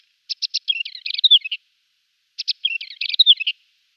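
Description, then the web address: Scrub warbler song: two or three short high notes followed by a fast scratchy, twittering phrase, given twice about two seconds apart. "Schulze Peter Scrub Warbler"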